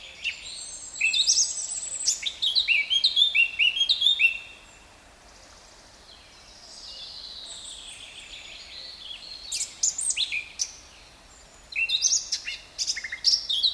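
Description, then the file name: Eurasian blackcap song: a lively warbled burst, a long quiet stretch, then scattered sharp notes and another rush of chirps at the end. "Sylvia atricapilla"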